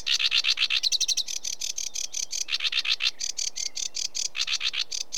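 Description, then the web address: Sedge warbler singing a dense, continuous chatter of rapid scratchy notes, some runs faster and louder than others. Recorded in Britain. "The BBC Sound Effects Library - Complete 60 CDs Collection Sound Effects Library-12 (British Birds) 16 Sedge Warbler"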